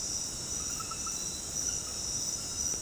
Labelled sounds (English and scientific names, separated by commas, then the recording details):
none
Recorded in dense forest near Puerto Asís, Putumayo, Colombia, on 21 February 2024 at 22:30
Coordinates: 0.486, -76.316
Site G6437